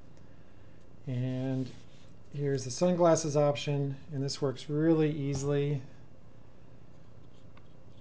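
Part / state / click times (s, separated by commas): sunglass shade onto smart glasses frame / not seated / none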